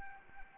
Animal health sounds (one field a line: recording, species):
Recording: mosquito wingbeat signal from an infrared sensor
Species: Anopheles arabiensis